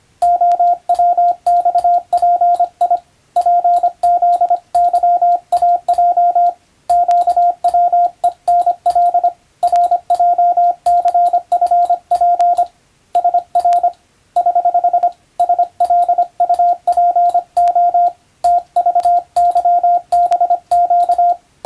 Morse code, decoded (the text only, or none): OWXPI PZYAJ QWENL RJCFP SR <HH> SLUPO TVYBQ